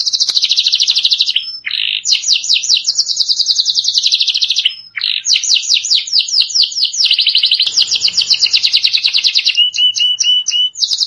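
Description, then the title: Canary song made of fast, rattling trills and quick repeated notes in changing tours, with separate bright chirps near the end. "Kenari"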